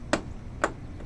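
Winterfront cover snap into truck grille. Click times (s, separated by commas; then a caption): 0.1 s, 0.6 s. Metal snaps along the top of a fabric winterfront cover are pushed onto a truck grille, working from the two outside snaps toward the middle. Two sharp clicks sound at 0.1 s and 0.6 s as the snaps click into place, and the snaps are seated.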